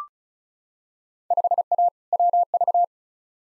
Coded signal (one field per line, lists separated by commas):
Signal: Morse code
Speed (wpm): 34 wpm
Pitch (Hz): 700 Hz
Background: none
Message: 5A WV